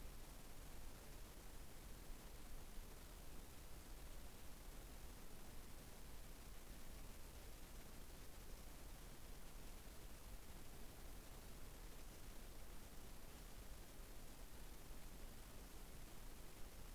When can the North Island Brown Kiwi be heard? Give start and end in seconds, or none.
none